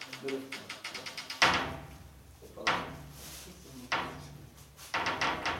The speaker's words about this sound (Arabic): أغلق الباب. أيوة السلام عليكم. أغلقوا باب.